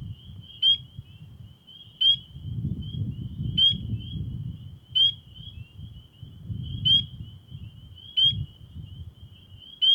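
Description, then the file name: Spring peeper calls: short, high, piercing peeps repeated roughly every one and a half seconds over a low, rumbling background noise. "Spring Peeper (Pseudacris crucifer)"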